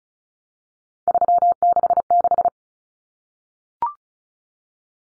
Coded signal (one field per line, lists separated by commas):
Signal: Morse code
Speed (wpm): 34 wpm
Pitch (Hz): 700 Hz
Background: none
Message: 366